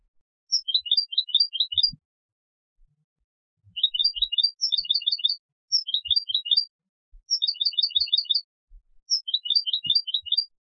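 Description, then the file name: European goldfinch delivering repeated short bursts of sparkling, rapid twittering notes separated by pauses, in a quiet setting. "Carduelis carduelis"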